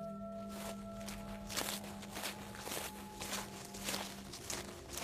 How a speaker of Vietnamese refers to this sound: Tự dưng đằng sau có tiếng sột soạt vang lên.